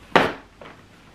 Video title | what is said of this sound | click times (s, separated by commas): CYBEX CLOUD Z I SIZE UNBOXING // SILVER CROSS JET UNBOXING // Egg2 stroller | it just clicks back into it's just a bit stiffer on the way back up so you're going to really pull it | 0.2 s